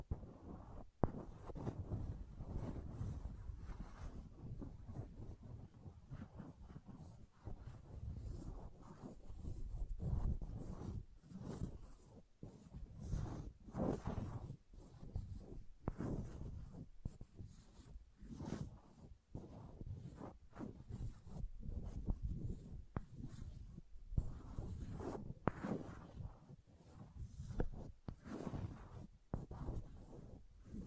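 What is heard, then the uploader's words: Wood triggers: a continuous run of tapping, scraping and rubbing on wood, with quick irregular clicks and knocks packed closely over the whole half minute. The sounds are mostly low and dull, with a few brighter crisp snaps scattered throughout. ASMR Calming Wood Triggers for Sleep (No Talking).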